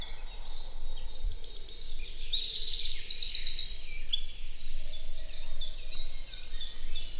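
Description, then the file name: Eurasian wren song: a fast, high torrent of sharp notes and rattling trills, with a softer trailing phrase near the end. "Troglodytes troglodytes"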